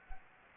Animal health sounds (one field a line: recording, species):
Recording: mosquito wingbeat signal from an infrared sensor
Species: Anopheles gambiae